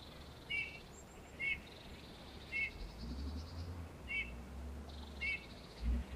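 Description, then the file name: Eurasian bullfinch soft calls, short clear piping whistles given about once a second, five notes in all, over an intermittent low rumble. "Pyrrhula pyrrhula"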